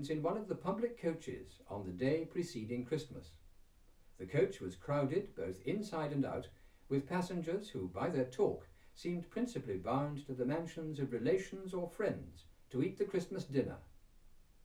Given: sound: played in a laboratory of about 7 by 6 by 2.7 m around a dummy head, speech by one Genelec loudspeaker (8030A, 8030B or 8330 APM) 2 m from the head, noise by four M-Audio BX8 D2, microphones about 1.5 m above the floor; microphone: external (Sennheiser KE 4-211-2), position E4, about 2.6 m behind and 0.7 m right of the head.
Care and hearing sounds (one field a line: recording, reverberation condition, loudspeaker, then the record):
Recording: male speech in English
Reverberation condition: low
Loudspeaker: 30 degrees to the left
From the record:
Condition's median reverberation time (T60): about 310 ms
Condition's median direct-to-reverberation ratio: about 3.5 dB